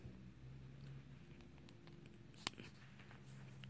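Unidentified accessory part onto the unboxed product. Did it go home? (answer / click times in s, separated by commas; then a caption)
yes / 2.5 s. An unidentified accessory part is fitted onto a newly unboxed product over a steady low hum with faint handling sounds. A single sharp click at 2.5 s marks the part locking into place, with a few softer taps after it.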